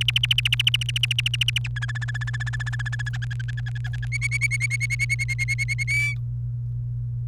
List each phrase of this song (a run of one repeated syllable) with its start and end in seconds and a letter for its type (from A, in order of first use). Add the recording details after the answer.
0.01-1.68 A, 1.76-3.09 B, 3.13-4.05 C, 4.12-5.83 D, 5.87-6.14 E. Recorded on 28 April 2018 at 16:36. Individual llb3